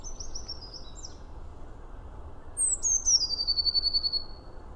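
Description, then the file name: Eurasian blue tit gives a falling high whistle that runs into a quick rattling trill; fainter high chirps come first. "Cyanistes caeruleus"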